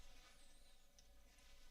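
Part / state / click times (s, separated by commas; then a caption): plastic model kit part into the model assembly / seated / 1.0 s. After being turned to face the right way, a plastic model kit part is pushed into its mating part on the model assembly over a steady low background hum. A short, faint click at 1.0 s marks the part clicking into place, seated.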